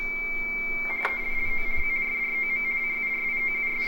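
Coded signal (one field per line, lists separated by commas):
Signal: RTTY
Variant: Baudot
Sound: steady warbling two-tone chatter, rapidly flipping between close high pitches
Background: low hum, room noise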